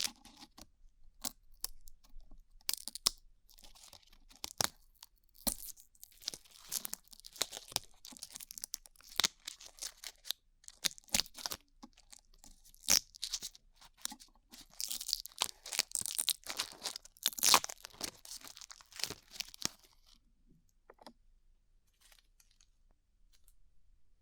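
Glue being peeled off ears, heard as a dense run of sticky crackles, small tearing sounds and sharp clicks. The crackling is bright and irregular, busiest between about 13 and 19 seconds. It thins out after 20 seconds, leaving faint scattered ticks.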